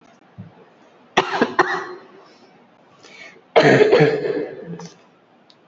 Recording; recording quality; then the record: heavy voluntary cough; excellent, no background noise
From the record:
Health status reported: COVID-19 positive, mild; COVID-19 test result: positive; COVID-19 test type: RT-PCR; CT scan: not taken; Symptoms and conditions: cough, sore throat, fever, muscle pain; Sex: female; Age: 35 years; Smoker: no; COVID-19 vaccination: both doses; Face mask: worn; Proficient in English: yes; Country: India